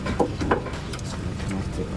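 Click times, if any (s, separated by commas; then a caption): 0.5 s. A short J&L 3.0 oil separator hose on a 2005-2010 Mustang GT is pushed onto the engine port where the PCV valve used to be. Light rustling and a small tap at 0.2 s lead to a sharp click at 0.5 s as the fitting snaps into place. The hose is seated.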